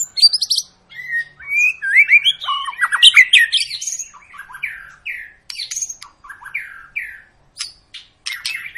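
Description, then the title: White-rumped shama song of tumbling whistles and chatter, busy at first, then several spaced whistled notes. Long lure recording of an energetic, constantly singing White-rumped shama, used to prompt other birds to sing. "Pancingan Murai Batu Gacor Panjang"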